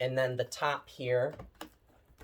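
Someone talks while the top plastic piece of a Kenmore Intuition vacuum is handled and fitted onto the vacuum body, with quiet handling noise in the second half and a short, sharp sound at the very end around 2.3 s. The top piece has not seated or clicked into place yet.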